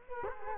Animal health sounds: mosquito wingbeat signal from an infrared sensor; Culex quinquefasciatus

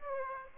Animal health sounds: mosquito wingbeat signal from an infrared sensor; Aedes aegypti

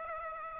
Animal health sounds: mosquito wingbeat signal from an infrared sensor; Aedes aegypti

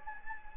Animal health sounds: mosquito wingbeat signal from an infrared sensor; Anopheles gambiae

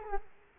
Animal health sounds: mosquito wingbeat signal from an infrared sensor; Culex quinquefasciatus

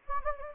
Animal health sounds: mosquito wingbeat signal from an infrared sensor; Anopheles gambiae

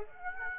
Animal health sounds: mosquito wingbeat signal from an infrared sensor; Aedes aegypti

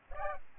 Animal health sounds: mosquito wingbeat signal from an infrared sensor; Aedes albopictus

